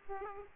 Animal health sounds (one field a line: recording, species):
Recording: mosquito wingbeat signal from an infrared sensor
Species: Aedes aegypti